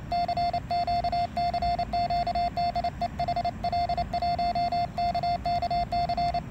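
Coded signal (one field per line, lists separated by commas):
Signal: Morse code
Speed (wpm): 27 wpm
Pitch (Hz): 700 Hz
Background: none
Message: CQ CQ DE HL1KKC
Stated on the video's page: QRP portable operation in a riverside park, testing a multipurpose antenna bracket.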